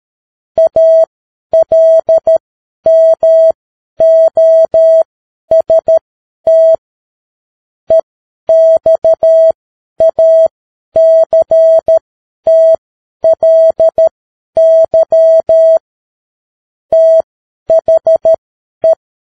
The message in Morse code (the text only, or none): ALMOST EXACTLY THE